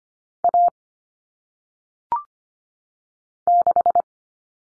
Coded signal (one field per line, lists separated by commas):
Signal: Morse code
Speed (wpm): 25 wpm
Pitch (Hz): 700 Hz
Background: none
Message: A 6